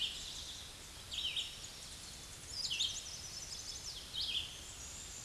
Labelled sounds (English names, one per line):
Red-eyed Vireo song